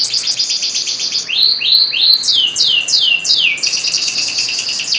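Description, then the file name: Atlantic canary singing a rapid high trill that shifts into a series of swept whistles, then returns to a fast roll. Domestic canary, standard type. "suara kicauan kenari standar. omkicau"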